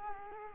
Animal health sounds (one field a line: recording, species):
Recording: mosquito wingbeat signal from an infrared sensor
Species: Culex quinquefasciatus